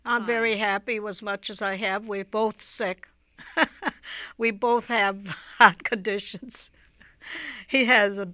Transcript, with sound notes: I'm very happy with as much as I have. We're both sick. (she laughs) We both have heart conditions. He has,